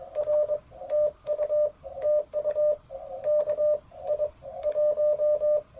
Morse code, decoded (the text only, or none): R TU TU K I 1